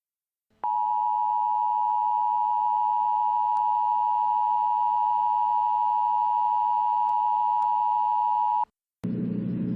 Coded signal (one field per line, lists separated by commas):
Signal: Emergency Alert System (SAME) tones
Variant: 853 and 960 Hz attention tone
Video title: Tornado Warning EAS in Bloomington, Iliinois